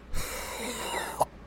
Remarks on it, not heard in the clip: My throat is a little rough. I have a super dry cough. Can you hear the catch in my throat? I had a headache and I was warm all over. And then all of a sudden my chest started to fuck up and I started coughing really heavily. And I'm bronchial anyway. I mean, I've done that since I was a kid. I have a really deep, dry cough.